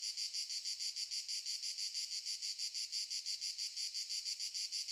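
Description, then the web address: Cicadas give a loud, sizzling high buzz, beating in even pulses about three times each second without a break. Cicadas stridulating very loudly in summer fields during the day, in the morning. "Sculp Tunes - Summer in the field - Crickets and Cicadas - Summer in the fields - DAY Morning - the cicadas stridulate very loudly"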